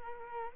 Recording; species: mosquito wingbeat signal from an infrared sensor; Culex quinquefasciatus